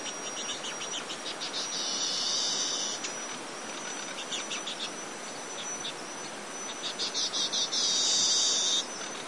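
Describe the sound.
Golden parrotbill calls, two high thin buzzy trills, each lasting about a second, over a steady high whine and dense background hiss.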